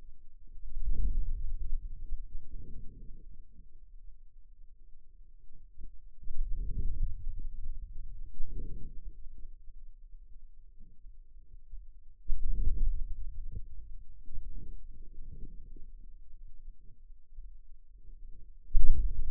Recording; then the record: forearm muscle sounds (acoustic myography)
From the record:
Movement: hand closing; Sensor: system 2, bracelet of six BSWA MPA416 microphones around the upper forearm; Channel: 5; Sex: male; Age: 22 years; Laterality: right